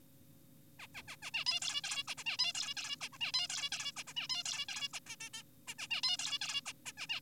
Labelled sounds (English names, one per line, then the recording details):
Zebra Finch
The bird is an adult
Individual g4p5U